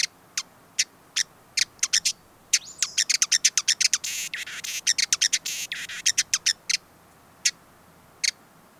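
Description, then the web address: Hooded visorbearer uttering high clipped chips that speed into a fast run, with a brief buzzy hum underneath midway, then slowing to single notes. "Hooded visorbearer. صدای-پرنده-آفتابگیر-کلاهدار"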